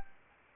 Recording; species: mosquito wingbeat signal from an infrared sensor; Anopheles arabiensis